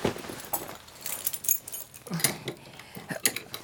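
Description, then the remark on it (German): Lockpicks scrape and click inside a drawer lock: a run of small, bright metallic jingles and taps, irregular and fairly quiet, with brief rattling bursts and no talking. “So, ich probiere jetzt mal die Schublade zu öffnen, ja? Ich hoffe, mein Dietrich-Set reicht aus.”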